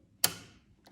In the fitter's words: that was a lovely click so that is now nice and securely into our sewing machine